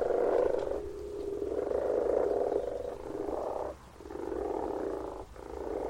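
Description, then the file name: Frogs giving continuous rattling croaks, the chorus dipping briefly twice before resuming at full strength. "Frogs - Frog voises Sounds captured"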